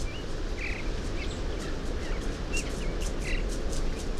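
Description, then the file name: Eurasian bullfinch calls: soft, short whistled notes given several times over a steady low rumble of background noise. "Pyrrhula pyrrhula"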